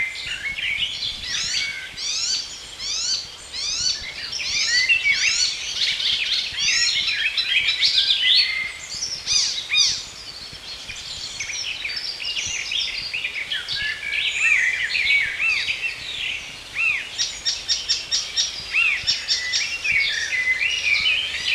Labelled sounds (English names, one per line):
Icterine Warbler song